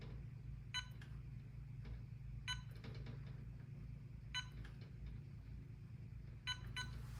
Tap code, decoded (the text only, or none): none